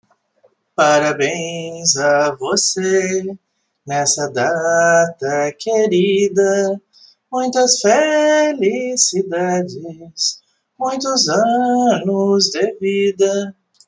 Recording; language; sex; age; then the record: short text; Brazilian Portuguese; female; 50 to 59 years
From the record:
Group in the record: control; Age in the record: 57 years